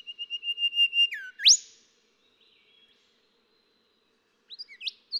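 Golden whistler song: a run of steady repeated whistles that swells, then a dipping note and a sharp upward whip, followed by a pause and a short rising phrase.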